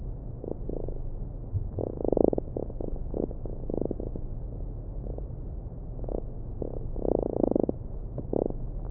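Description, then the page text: Fruit fly courtship song: several bursts of fast pulses spread throughout, over a steady low drone. Male fruit fly courtship song sung to attract females during the mating ritual; recorded by neurobiologists in Vienna studying behaviour, published 9 February 2011. "2011-02-09. The love song of a fly. Research Institute of Molecular Pathology (IMP). the mating ritual of the fruit fly"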